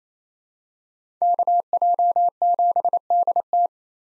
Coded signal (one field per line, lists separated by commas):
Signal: Morse code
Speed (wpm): 28 wpm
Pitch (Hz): 700 Hz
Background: none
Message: KJ7DT